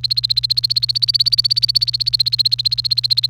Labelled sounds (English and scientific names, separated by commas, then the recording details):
Domestic Canary (Serinus canaria) song
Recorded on 28 April 2018 at 14:10
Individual llb3